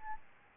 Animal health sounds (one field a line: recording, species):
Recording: mosquito wingbeat signal from an infrared sensor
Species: Aedes albopictus